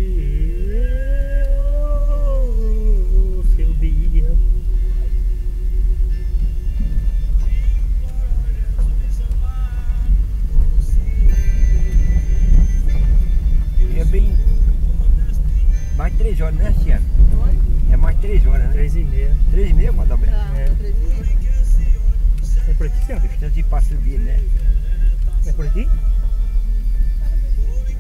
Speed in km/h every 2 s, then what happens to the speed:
16, 15, 16, 18, 17, 18, 18, 19, 18, 18, 17, 15, 15, 16.
0-28 steady at about 17.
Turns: none.